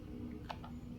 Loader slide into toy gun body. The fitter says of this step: when you pull the loader a spring expands and the loader locks into place